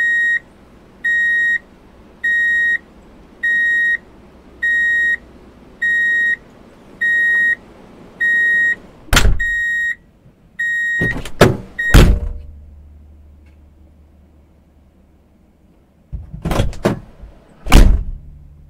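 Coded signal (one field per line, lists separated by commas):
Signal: alarm pattern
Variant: reversing beeper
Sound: steady high beeps repeating about every 0.75 seconds, then heavy thuds like doors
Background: door thuds, engine rumble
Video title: Drive In Reverse Beep Alert Sound / #copyrightfree / [ Copyright Free Vehicles & City Sounds ]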